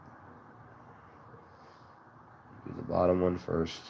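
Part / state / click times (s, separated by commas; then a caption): plastic zip tie around piston rings on a chainsaw piston / not seated / none. A plastic zip tie is threaded and started around the bottom piston ring of a chainsaw piston before it is tightened. Low steady background noise fills the first part, then someone talks from about 2.6 seconds. Nothing has clicked yet.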